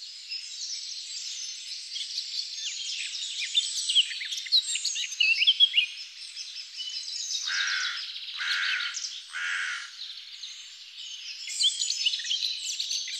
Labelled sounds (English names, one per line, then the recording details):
Eurasian Blackcap song
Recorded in the wild
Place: Wasenweiler am Kaiserstuhl, Baden-Württemberg, DE
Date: 2001-04-01
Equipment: MiniDisc Sharp MT 20 H
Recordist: Schwarz, Dieter
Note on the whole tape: Song